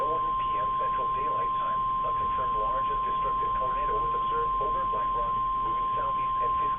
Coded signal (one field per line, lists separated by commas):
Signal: Emergency Alert System (SAME) tones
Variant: 1050 Hz attention tone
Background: speech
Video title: EAS 3158-3159: NWS Memphis TORNADO EMERGENCY